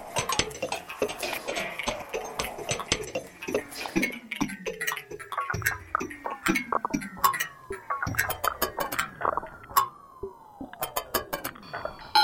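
Metal fencing and gates picked up by a contact microphone: dense taps and clinks with long ringing tones that slide downward, throughout.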